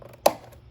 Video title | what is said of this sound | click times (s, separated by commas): Replica M1916 holster for my Tisas GI model 1911. Is it a good option for a period correct holster? | once you you get that nice click to give you an idea of actually how secure that is. | 0.3 s